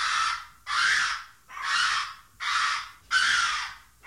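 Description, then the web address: Monkey calling in rough, raspy shrieks, five bursts in quick succession with short gaps. "audio animali scimmie scimmie monkey"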